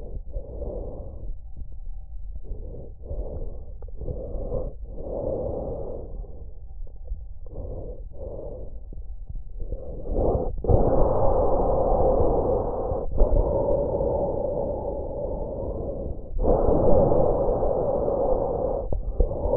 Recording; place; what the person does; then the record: lung sounds by stethoscope; trachea; quiet breathing, then deep breathing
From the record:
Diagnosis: asthma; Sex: female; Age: 77 years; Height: 160 cm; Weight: 68.7 kg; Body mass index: 26.6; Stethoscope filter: extended mode